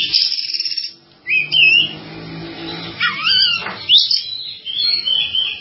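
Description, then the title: Java sparrow song of bright whistled notes with wavering, looping pitch, delivered in linked phrases after a brief pause near the start. "kicau gelatik"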